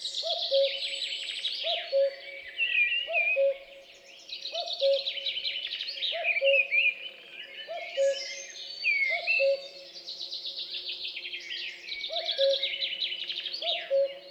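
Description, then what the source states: Common Cuckoo giving repeated falling two-note cu-coo calls over a dense chorus of warbling, trilling songbirds. Dawn chorus in forest at Champs des Blas, 3 June 2020; recorded with Nagra LB and MKH8020.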